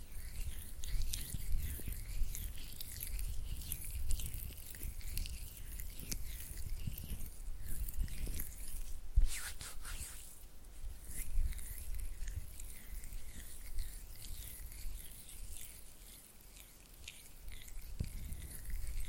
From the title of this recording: Oily Hand and Flutter Finger Sounds